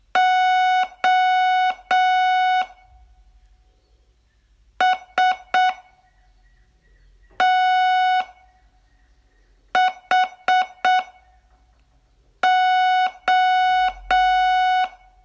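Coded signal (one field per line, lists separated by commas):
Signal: Morse code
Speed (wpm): 7 wpm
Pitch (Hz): 740 Hz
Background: none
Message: O STHO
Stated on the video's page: Day 9 of a 42-day Morse training course.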